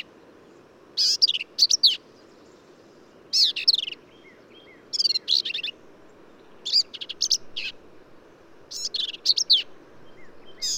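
Black-capped vireo singing repeated phrases of harsh, buzzy notes, varying from phrase to phrase, with short silent gaps between.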